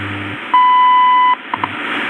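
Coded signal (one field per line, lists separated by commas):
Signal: radio time signal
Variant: WWV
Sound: a steady 1 kHz beep under a second long, then two faint clicks over hiss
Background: radio static, low hum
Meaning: The long 1000 Hz tone marks the start of a new minute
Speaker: So now we should be able to pick up 5 megahertz WWV here next.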